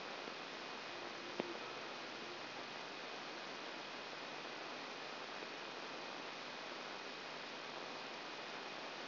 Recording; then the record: brain microelectrode recording played as sound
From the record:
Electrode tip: outside the subthalamic nucleus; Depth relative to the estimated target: 4 mm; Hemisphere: right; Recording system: AlphaMap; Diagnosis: Parkinson's disease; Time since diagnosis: 9 years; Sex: male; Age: 68 years